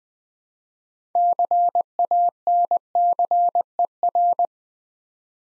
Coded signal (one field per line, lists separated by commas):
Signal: Morse code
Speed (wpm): 20 wpm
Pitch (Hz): 700 Hz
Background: none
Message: CANCER